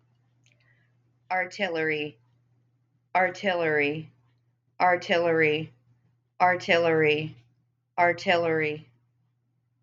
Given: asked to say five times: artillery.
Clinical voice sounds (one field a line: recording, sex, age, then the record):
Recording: repeated word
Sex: female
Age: 30 to 39 years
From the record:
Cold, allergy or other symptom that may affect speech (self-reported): no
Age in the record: 32 years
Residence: Texas, United States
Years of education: 12